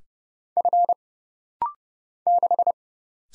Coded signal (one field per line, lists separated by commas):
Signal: Morse code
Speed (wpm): 31 wpm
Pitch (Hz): 700 Hz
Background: none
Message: F 6